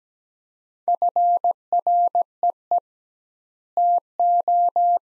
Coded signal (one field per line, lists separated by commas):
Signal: Morse code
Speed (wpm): 17 wpm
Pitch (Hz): 700 Hz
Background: none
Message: FREE TO